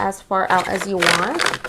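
Someone talks while handling the sliding plastic side extender panel of a window fan, pulling it out of the fan housing toward a set detent position. Only speech is heard; the panel has not clicked or seated into place yet.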